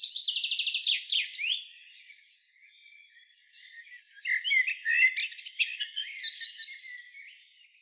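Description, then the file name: Common blackbird opens with a quick series of evenly spaced high notes and a few sweeping squeaks, then a quieter spell, then a jumble of scratchy twittering chirps. "Turdus merula"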